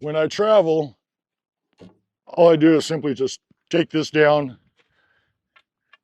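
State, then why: Seated. Someone talks while a hinged fold-down panel on a cargo trailer is lowered for travel. A faint click at 5.9 s marks the panel's latch locking it in place.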